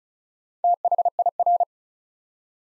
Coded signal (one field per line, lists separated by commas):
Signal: Morse code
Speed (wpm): 35 wpm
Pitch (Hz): 700 Hz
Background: none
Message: THIR